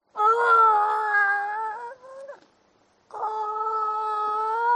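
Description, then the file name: Seal call: a loud, steady harmonic wail lasting nearly two seconds, a short wavering tail, a pause, then a second long, level wail. "audio hero Seal"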